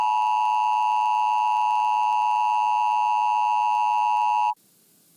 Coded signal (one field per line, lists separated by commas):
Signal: Emergency Alert System (SAME) tones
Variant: 853 and 960 Hz attention tone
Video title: [EAS] Idaho EBS Test Alert, 1982